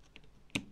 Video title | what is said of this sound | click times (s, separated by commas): Инструмент (часть_2). Бормашины. (Tool, part_2) | întoarcem. DESPRE! Axul este blocat. | 0.6 s